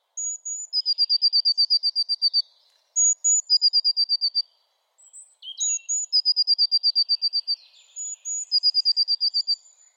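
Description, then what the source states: Blue Tit song: one or two very high thin notes followed by a quick lower trill, a shimmering run repeated several times with short pauses. Subtle garden song, a couple of very high notes dropping to a lower but still high-pitched shimmer, rendered 'sispy, sihihihi'; often unrecognised.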